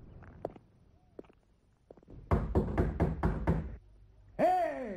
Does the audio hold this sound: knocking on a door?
yes